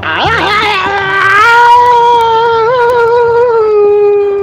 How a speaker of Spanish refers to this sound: Ahí va mi grito.